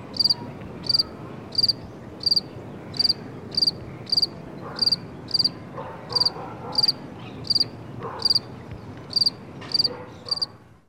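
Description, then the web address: Cricket giving sharp, high, pulsed chirps at a fairly steady pace of more than one a second, with a continuous low rumble behind. Recorded over background noise. "son de criquet sur fond de bruit et daboiements de chiens"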